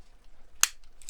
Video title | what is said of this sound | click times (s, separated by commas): Build Max Verstappen's 2023 RB19 Red Bull F1 Racing Car - Pack 12 - Stages 57-62 | like that. clicked into place. | 0.6 s